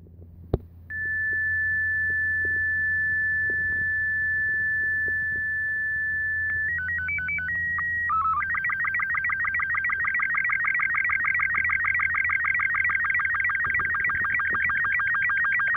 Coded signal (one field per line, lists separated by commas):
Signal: SSTV (slow-scan television)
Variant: Robot 36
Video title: SSTV images rx in Topanga State Park 1 of 2